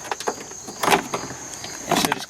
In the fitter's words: come off right off you might hear a couple clicks that's good